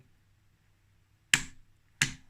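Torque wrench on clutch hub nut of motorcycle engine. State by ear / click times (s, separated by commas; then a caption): torque reached / 1.3 s. A torque wrench set to 45 tightens the clutch hub nut on a Honda CR80 motorcycle engine, and it gives a sharp click at the setting at 1.3 s, followed by a second sharp click at 2.0 s. Someone talks briefly, and the torque is confirmed as reached at 45.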